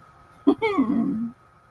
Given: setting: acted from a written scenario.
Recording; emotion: vocal sound without words; pride